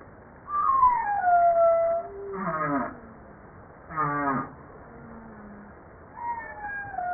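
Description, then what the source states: Humpback whale song units: a smooth descending moan followed by short pulsed, buzzy bursts and a low tonal note, ending with another descending harmonic cry. Recorded 5 March 1994, 09:52.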